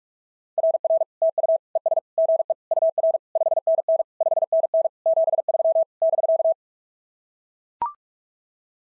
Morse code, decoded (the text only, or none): RR TU ES GE UR 5NN 5NN 73 <BK>